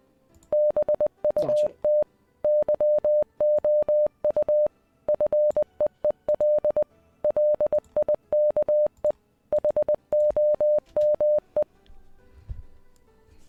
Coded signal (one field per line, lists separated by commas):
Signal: Morse code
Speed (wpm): 20 wpm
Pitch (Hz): 600 Hz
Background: music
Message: BUT YOU FEEL LIKE HOME